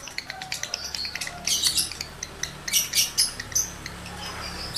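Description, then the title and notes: Lovebird singing with busy high-pitched twittering and clicking, loudest in a series of shrill bursts through the middle of the excerpt. Male lovebird in breeding condition, singing; used to stimulate other lovebirds into singing. "Birahi Lovebird Jantan ke Gacor. Pancingan Suara Lovebird jantan birahi ini sangat manjur untuk burung Lovebird Anda"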